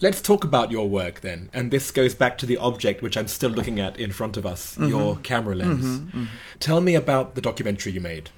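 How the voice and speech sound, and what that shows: A man speaks fluent, conversational English at an ordinary pace with a steady mid-low pitch, brief pauses and soft listener backchannels. The voice sounds clear and normal, with no sign of a speech or voice disorder.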